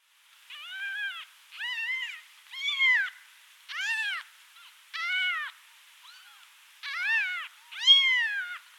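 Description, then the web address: Cat: kitten meowing in a steady series of high, arched mewing calls, about eight in nine seconds, each rising then falling, with short quiet gaps between them. "karlammann. Tierstimmen Katze jungtier"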